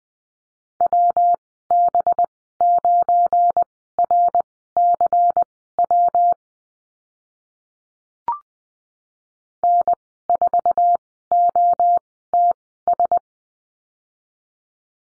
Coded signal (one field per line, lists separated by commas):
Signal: Morse code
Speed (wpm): 20 wpm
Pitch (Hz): 700 Hz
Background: none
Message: WB9RCW N4OTS